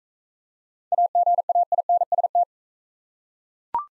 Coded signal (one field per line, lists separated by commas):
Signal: Morse code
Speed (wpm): 36 wpm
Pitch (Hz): 700 Hz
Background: none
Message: AGAINST